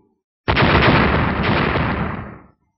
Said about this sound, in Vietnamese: Ba tiếng nổ lớn vang lên, mặt trên cốc thuẫn chỉ đỡ được ba cây kim thương đã bắt đầu nứt toát.